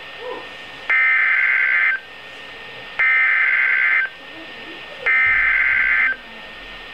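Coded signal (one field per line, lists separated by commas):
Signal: Emergency Alert System (SAME) tones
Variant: header bursts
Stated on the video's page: Severe thunderstorm and particularly dangerous situation tornado warning for the EF-4 Fairdale, Illinois tornado.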